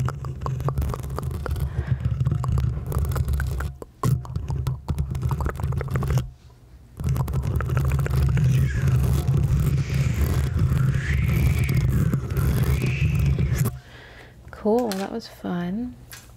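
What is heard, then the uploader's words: Muffled scratching on a covered microphone, a dense rustling with heavy low rumble that runs almost continuously, pausing briefly near four and six seconds. It stops around fourteen seconds, and a short wavering, sliding tone follows in the quiet that remains. ASMR Head Scratchies! Different Mic Covers.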